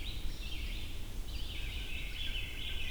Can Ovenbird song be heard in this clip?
no